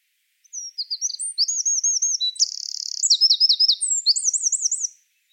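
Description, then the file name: Eurasian wren song, a shrill, fast-paced string of whistled notes with a buzzy trill in the middle and rolling, rippling phrases, roughly four and a half seconds long. "Troglodytes troglodytes"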